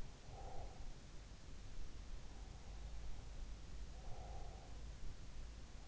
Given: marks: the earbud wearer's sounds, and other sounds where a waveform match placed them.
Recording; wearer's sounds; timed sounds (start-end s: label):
sounds in sleep by an in-ear microphone; breath
0.00-1.52 s: breath
2.10-5.00 s: breath